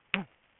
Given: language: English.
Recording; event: throat vibration sensor signal played as sound; throat clearing